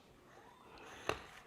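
While reassembling the landing gear wheel of an F-15 XXL Skymaster RC jet, the wheel is spun until the toothed silver brake washer interlocks with the Allen key head on the wheel axle. Against a quiet background, a single sharp click at 1.1 s marks the washer popping into place, with the axle almost bottomed out on the bearing spacing. The washer is seated.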